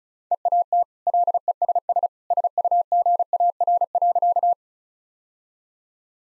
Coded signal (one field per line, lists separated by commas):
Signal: Morse code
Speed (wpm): 36 wpm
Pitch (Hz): 700 Hz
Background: none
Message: EAT LESS SUGAR.